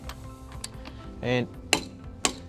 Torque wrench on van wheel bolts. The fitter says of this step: and as soon as i hear that click i know these are perfect